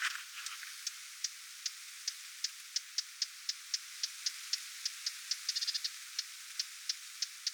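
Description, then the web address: Lesser whitethroat sounding evenly spaced tack notes, with one brief rapid rattle toward the end. Adult parent bird giving alarm or attention calls near its recently fledged young, 20 July 2026. "paivat 20 7 2026 hernekerttulintuemon huomioaantelya lentopoikastensa lahella"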